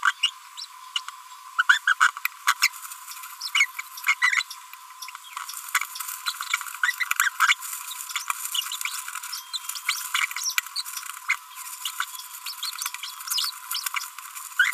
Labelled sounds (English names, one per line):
Green-rumped Parrotlet babbling